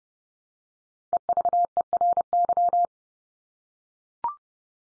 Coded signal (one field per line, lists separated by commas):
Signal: Morse code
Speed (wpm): 30 wpm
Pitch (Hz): 700 Hz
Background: none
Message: EVERY